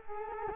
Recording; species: mosquito wingbeat signal from an infrared sensor; Culex quinquefasciatus